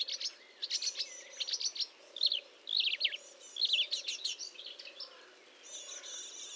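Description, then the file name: Marsh warbler song, a lively jumble of sweeping whistles, chirps and rattles in quick phrases, with a low steady hum underneath. Recorded at Fontaine-Française (Fourneau), France, on 1 June 2022 at 10:55, using a Nagra recorder with a Telinga parabolic microphone. "Rousserolle verderolle 1055 Fontaine-Francaise-Fourneau"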